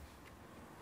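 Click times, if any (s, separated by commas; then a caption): none. An umbrella is being pushed back into the door umbrella holder of a Rolls-Royce Spectre electric car, heard as a steady low background hum with a brief sharp rise right at the end at 0.8 s. Nothing has seated or clicked into the holder yet.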